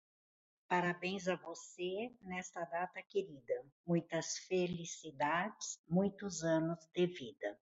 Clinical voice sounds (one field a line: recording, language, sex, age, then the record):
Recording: short text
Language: Brazilian Portuguese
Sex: female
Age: 60 to 69 years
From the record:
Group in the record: control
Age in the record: 67 years